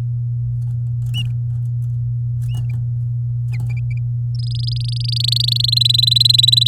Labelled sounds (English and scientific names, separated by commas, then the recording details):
Domestic Canary (Serinus canaria) song
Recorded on 9 May 2018 at 12:58
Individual llb16